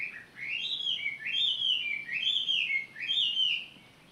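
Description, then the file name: Bird song: a warbling run of slurred, rising and falling whistled notes in repeated phrases. Recorded 18 April 2022. "20220418 birdsong"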